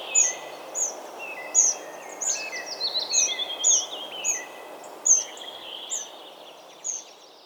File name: Troglodytes troglodytes